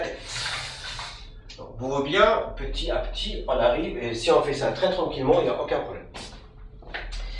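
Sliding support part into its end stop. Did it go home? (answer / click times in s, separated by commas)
no / none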